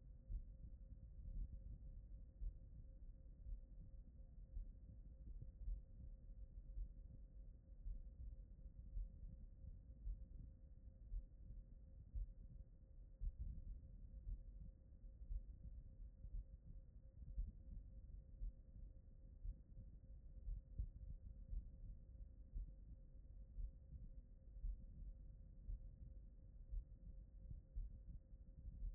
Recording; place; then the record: heart sounds by stethoscope; tricuspid valve (TV)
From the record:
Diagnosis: non-HFrEF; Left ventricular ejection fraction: 63%